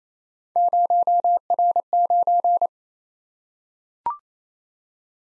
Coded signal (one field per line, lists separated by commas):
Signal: Morse code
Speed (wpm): 29 wpm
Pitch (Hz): 700 Hz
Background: none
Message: 0R9